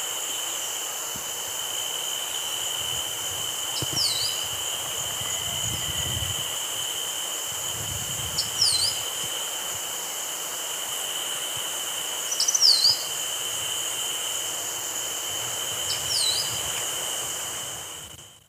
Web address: S America Eastern Lowlands Caprimulgus maculicaudus, song